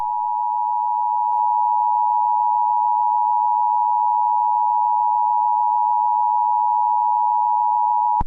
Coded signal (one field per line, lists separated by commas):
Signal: Emergency Alert System (SAME) tones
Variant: 853 and 960 Hz attention tone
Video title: EAS Scenario: Kiarol